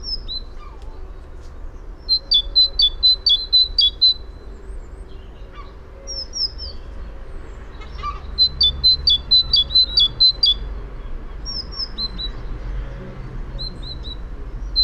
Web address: fugl musvit